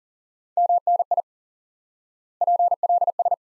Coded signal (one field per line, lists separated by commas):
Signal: Morse code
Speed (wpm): 40 wpm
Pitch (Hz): 700 Hz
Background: none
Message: MNI PLS